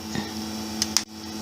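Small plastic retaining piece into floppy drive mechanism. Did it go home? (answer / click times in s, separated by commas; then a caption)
yes / 1.0 s. A small plastic retaining piece is pushed into a floppy disk drive mechanism over a steady low hum, with a lighter tick at 0.8 s. It snaps sharply into place at 1.0 s, clipped in and seated.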